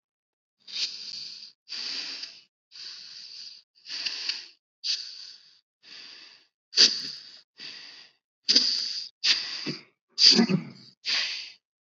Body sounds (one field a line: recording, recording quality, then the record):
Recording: deep breathing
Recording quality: excellent, no background noise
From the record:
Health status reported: COVID-19 positive, mild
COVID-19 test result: positive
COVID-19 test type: RT-PCR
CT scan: not taken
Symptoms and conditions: cold, sore throat, fever, fatigue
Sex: female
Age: 51 years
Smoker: no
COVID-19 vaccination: both doses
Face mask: not worn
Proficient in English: yes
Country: India